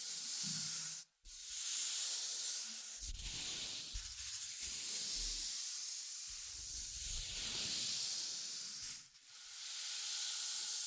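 Scratching and tracing make a dense, steady hiss that sits bright and high for most of the clip. Low, dull bumps come in clusters between about three and seven seconds, and the sound cuts out briefly near one second and again near nine.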